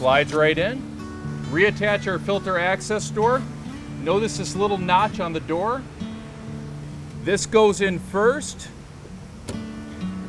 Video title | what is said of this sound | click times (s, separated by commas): The Best Dehumidifier For Your WHOLE Home in NJ | pops right in screw lines up phillips head screwdriver | 9.5 s